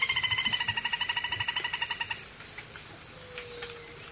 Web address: Natures Songs S America Eastern Lowlands Black-banded Crake